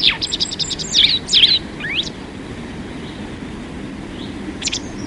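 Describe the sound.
White wagtail, a brisk flurry of shrill chirps and a rising slurred note in the first two seconds, then near quiet before a last short chirp.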